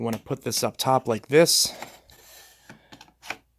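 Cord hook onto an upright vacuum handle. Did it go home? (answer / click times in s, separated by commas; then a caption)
yes / 3.3 s. Someone talks while a plastic cord hook is placed at the top of the handle of a Hoover Max Life Total Home Pet upright vacuum, with its notch going underneath. After a few quiet handling taps, the hook is pushed until it clicks into place at 3.3 s and is seated.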